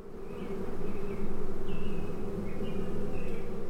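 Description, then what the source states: Honey bees buzzing: a dense, steady low hum of many bees that pulses gently, with a few faint higher whining tones drifting through. Thousands of bees at Hanson Honey Farm, Rhinelander.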